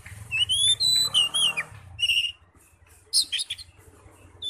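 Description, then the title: Oriental magpie-robin song: clear whistled phrases with rising and falling slurs, short harsh notes, then a pause and a burst of high scratchy notes ending in a whistle. "Kacer"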